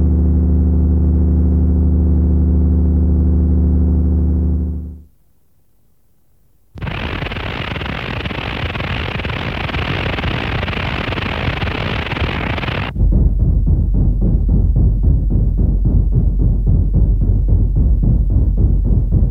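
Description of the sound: A steady low buzzing hum lasts about five seconds. After a short silence comes a loud, even hiss for about six seconds, then a deep rumbling roar with a fast flutter. These are synthesized simulations of tinnitus-like sounds, the sounds sufferers hear continually in their heads.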